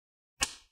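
A hand pinches shut a gap at the corner of the plastic bottom cover of a Dell Inspiron 5570 P75F laptop, pressing the corner clip into the chassis. A single sharp, bright click sounds at 0.4 seconds and fades quickly. The corner clip snaps closed and the cover is seated.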